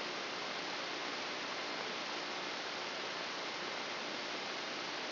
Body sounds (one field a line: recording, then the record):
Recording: brain microelectrode recording played as sound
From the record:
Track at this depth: inside the subthalamic nucleus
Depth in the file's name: 3.313 mm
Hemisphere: left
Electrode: 2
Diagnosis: Parkinson's disease